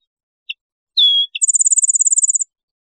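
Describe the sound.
Rufous-winged sparrow song: a short high chip, a thin slurred whistle, another chip, then a fast, very high, even trill lasting about one second.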